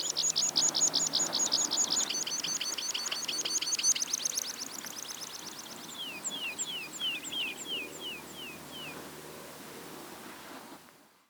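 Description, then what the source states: Bird song: a rapid run of high repeated notes for about four seconds, then a slower series of clear down-slurred whistles, over steady low background hiss. Meadow.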